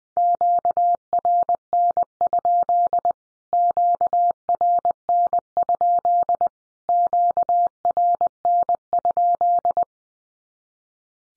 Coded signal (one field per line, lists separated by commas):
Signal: Morse code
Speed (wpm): 20 wpm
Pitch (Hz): 700 Hz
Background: none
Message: QRN? QRN? QRN?